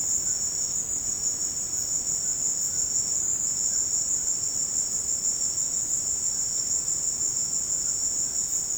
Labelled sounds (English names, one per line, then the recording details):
none
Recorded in secondary vegetation near Puerto Asís, Putumayo, Colombia, on 24 March 2025 at 16:30
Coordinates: 0.485, -76.322
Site G040